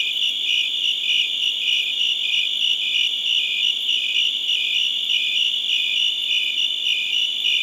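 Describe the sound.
Cricket giving rapid high chirps over a continuous ringing tone.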